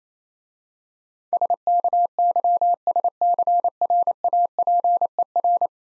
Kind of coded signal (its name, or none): Morse code